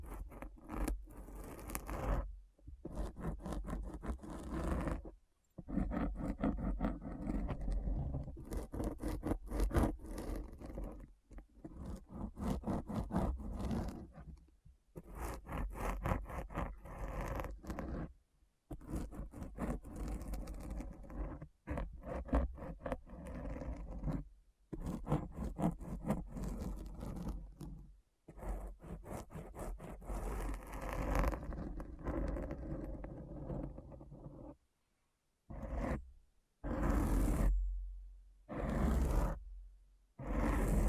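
Scratching sounds, dense and rasping, continue in long bursts broken by brief silent gaps every few seconds, with shorter stop-start strokes near the end.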